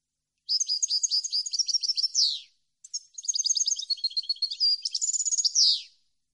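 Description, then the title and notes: European goldfinch singing two long twittering phrases of rapid liquid notes and trills, each closing with a harsh descending buzz, separated by a brief pause. Clean goldfinch song for copying, used for song training. "Cd Jilguero. Cd de canto de jilguero limpio para copia"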